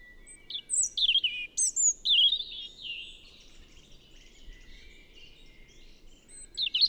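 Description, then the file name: European robin song, clear high whistled notes sliding downward and short twittering flourishes in the first seconds, then a soft pause and one more bright phrase at the end. "Erithacus rubecula"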